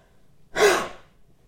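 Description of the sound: A voice coach demonstrates a huff cough: a single forceful, voiceless cough with the vocal folds held open, as if thinking of an 'H'. It spares the vocal folds while still clearing what needs to come loose, and sounds a bit like a little seal.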